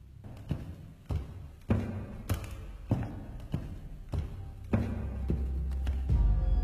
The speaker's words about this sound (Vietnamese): Trong đêm tối, tiếng bước chân rõ mồn một.